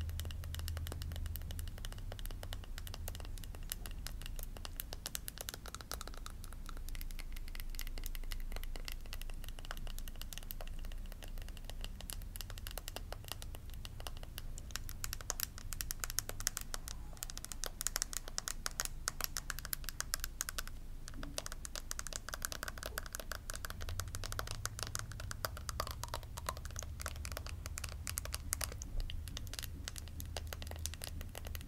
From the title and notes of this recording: ASMR Body Tapping - glasses, teeth, nail, cheek & collarbone tapping, no talking.